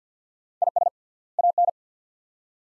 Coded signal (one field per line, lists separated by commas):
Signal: Morse code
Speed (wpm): 50 wpm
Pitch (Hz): 700 Hz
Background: none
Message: IS AN